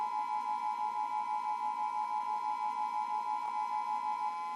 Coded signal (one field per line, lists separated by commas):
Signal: Emergency Alert System (SAME) tones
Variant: 853 and 960 Hz attention tone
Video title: EAS Scenario: Otherworldly Invasion